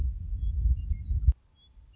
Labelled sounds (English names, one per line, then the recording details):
Western Meadowlark
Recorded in Sonoma County, California